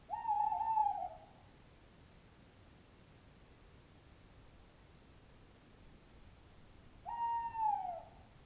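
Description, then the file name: Owl giving two long, mellow hoots, one at the start and one near the end after a long quiet gap. "chouette"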